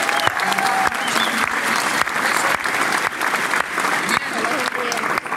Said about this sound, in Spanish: Un aplauso para sus líderes.